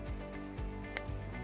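A metal weedless hook for a Savage Gear Sandeel V2 Weedless lure is forced onto the click-on connection of a lead fishing jig head over steady background music. One sharp, bright click rings out at 1.0 s as the hook seats, leaving it secured in place and free to articulate.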